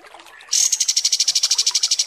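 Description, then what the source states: Kapas tembak: small bird song: a fast, even trill of sharp high notes starting abruptly and running steadily to the end. Masteran (song tutor) for training songbirds, kapas tembak song.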